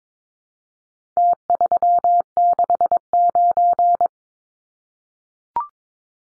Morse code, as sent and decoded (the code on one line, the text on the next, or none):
- ...-- -.... ----.
T369